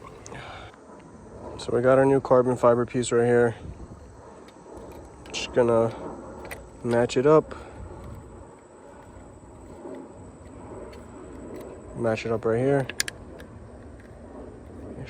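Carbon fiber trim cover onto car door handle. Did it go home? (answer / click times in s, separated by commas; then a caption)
no / none. A new carbon fiber trim cover is lined up against the door handle of a BMW F10 before being pressed on, while someone talks. Only faint handling taps are heard. Nothing has clicked or seated yet.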